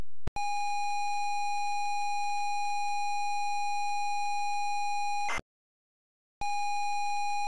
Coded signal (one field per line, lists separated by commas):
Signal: ZX Spectrum tape loading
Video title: ZX SPECTRUM Loading Buffalo Bill's Wild West Show 1989 Micro Value